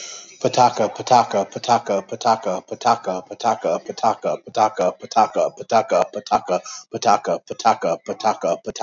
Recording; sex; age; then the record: repeated syllables /pa ta ka/; male; 30 to 39 years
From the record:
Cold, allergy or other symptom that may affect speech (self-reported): no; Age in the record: 34 years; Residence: Colorado, United States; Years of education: 16